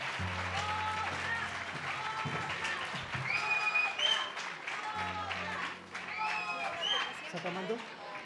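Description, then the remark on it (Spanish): Sustained audience applause for the dancers at the Festival Flores Del Corazón after a live music performance, with loud, dense clapping throughout, accompanied by cheers, whistles and shouting voices, plus a low steady hum underneath. “¡Aplausos a los bailadores!”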